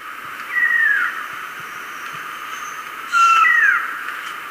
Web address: Natures Songs S America Birds of Ecuador Uniform Antshrike